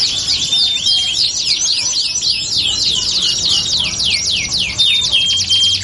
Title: Canto Para Esquentar Canário Belga. LANGSUNG NYAUT. Pancingan suara kenari hitungan detik langsung ikut bunyi